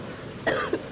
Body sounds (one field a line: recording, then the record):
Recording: coughing mixed with background sound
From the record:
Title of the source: 30 Chesty and wet cough